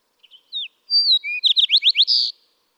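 Fox Sparrow song, one brief phrase opening with short whistles, then a run of rapid sliding notes ending in a buzzy burst.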